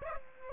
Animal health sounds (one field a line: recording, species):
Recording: mosquito wingbeat signal from an infrared sensor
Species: Aedes aegypti